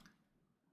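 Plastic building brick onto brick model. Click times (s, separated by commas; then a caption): 0.1 s. A plastic building-brick element is pressed onto a brick model and locks into place, locking everything in. A faint, short tick is heard at 0.1 s, followed by a quiet fading tail. The brick is seated.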